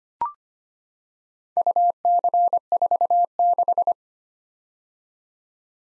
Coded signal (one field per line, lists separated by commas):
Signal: Morse code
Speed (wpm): 25 wpm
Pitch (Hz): 700 Hz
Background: none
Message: UC46